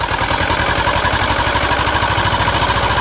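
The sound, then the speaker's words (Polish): A motorboat with an Ursus engine sails into a bay, the engine a loud, low, rapid chugging pulse with a constant buzzing drone above it, unbroken for the whole stretch with no voices. “Motorówka z silnikiem Ursusa wpłynęła do zatoki.”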